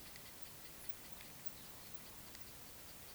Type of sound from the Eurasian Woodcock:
croak